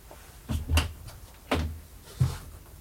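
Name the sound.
door opening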